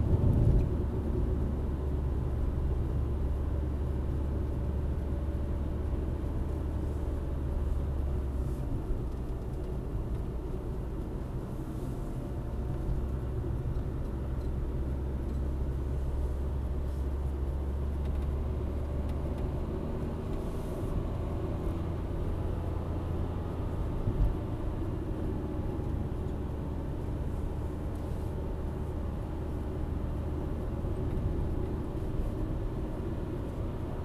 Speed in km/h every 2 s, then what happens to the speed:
48, 46, 47, 50, 50, 50, 50, 51, 53, 59, 63, 61, 57, 57, 57, 57, 60.
0-15 steady at about 50. 15-19 speeds up to 63. 19-34 steady at about 57.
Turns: none.